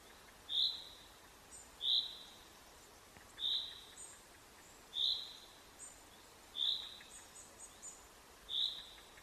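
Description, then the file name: Common chaffinch calls, short high notes repeated roughly every one and a half seconds against a quiet hiss. "Fringilla coelebs"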